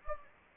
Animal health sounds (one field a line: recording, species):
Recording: mosquito wingbeat signal from an infrared sensor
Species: Anopheles gambiae